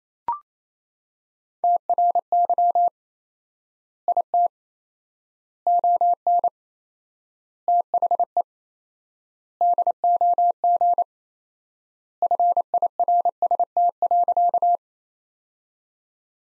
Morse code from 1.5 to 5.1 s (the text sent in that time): TRY IT